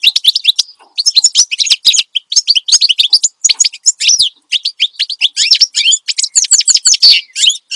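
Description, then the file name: Finch singing a fast, continuous stream of high, squeaky chirps and trills with hardly a break. Finch singing steadily and loudly (gacor), offered as a recording for training other songbirds (masteran). "Suara Kicauan Burung Finch Gacor Dor Cocok Untuk Masteran"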